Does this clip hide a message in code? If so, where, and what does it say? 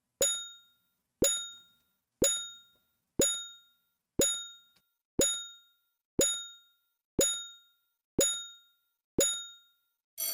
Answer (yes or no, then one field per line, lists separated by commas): no